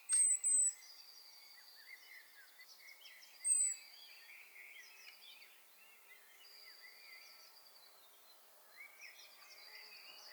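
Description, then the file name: Eurasian blue tit calls: a few high, thin notes near the start and again around three and a half seconds, over a busy background of other birds chirping and warbling. "Cyanistes caeruleus"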